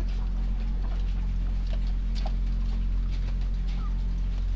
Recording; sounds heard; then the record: poultry house recording; sick chickens (respiratory disease)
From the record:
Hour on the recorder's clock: 20